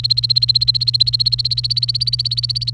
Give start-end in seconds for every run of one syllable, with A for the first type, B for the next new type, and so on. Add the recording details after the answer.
0.00-2.73 A. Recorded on 29 April 2018 at 12:22. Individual llb3